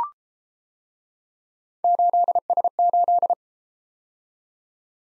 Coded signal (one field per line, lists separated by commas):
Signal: Morse code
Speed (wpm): 32 wpm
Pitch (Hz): 700 Hz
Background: none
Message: 8S8